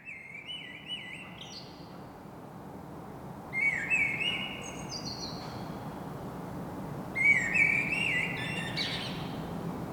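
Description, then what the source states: Common blackbird song: three warbling fluted phrases, each followed by high squeaky twittering, spaced several seconds apart, with steady low background noise. Singing in Saint-Gilles, Belgium; recorded with a Sony PCM-M10 internal microphone.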